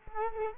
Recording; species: mosquito wingbeat signal from an infrared sensor; Culex quinquefasciatus